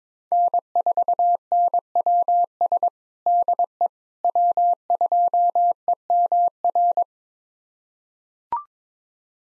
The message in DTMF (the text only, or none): none